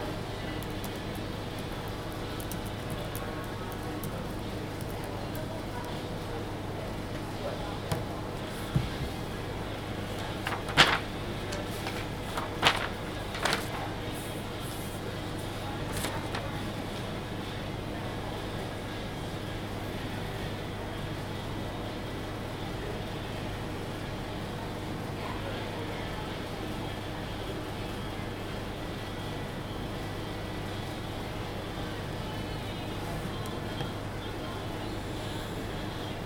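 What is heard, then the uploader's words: Ventilation hums steadily throughout, a low, even drone with a strong band near the bottom that barely changes. Around ten to sixteen seconds, a few short, bright clinks and knocks cut through, and faint murmured voices sit buried in the background. The ventilation hums drowning out music.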